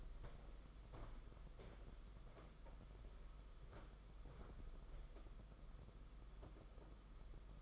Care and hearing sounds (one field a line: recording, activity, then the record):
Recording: daily activity, microphone in the room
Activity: walk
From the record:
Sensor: 5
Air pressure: 991.8 hPa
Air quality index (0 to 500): 152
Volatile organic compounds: 208 ppm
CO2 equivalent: 4238 ppm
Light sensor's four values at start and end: 31/106/39/42 and 32/108/40/43